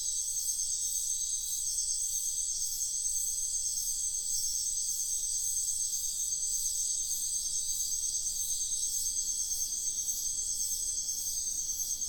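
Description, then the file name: Dense cricket chorus of high, bright trills stacked at several pitches, pulsing evenly and unbroken for the whole stretch. Crickets calling at night in a wetland in Sian Ka'an Biosphere Reserve. "felix blume nature ambience wetland night frogs crickets insects sian kaan biosphere reserve"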